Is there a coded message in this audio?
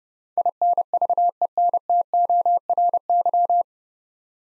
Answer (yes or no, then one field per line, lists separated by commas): yes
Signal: Morse code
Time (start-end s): 0.4-3.6 s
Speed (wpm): 31 wpm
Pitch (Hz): 700 Hz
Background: none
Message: INVENTORY